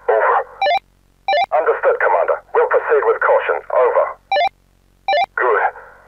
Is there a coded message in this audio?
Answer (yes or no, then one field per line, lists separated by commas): no